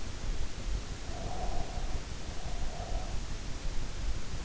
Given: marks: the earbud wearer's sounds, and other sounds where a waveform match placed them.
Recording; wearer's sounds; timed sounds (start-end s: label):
sounds in sleep by an in-ear microphone; breath
1.00-3.24 s: breath